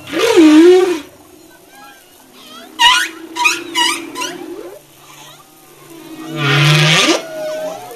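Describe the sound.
Humpback whale song units: a wavering moan, a run of quick rising chirps, then a loud low groan, with softer tonal sweeps between.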